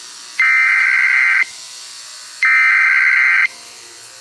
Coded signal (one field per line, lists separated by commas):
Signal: Emergency Alert System (SAME) tones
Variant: header bursts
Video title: Canadá eas alarm 1990 🇨🇦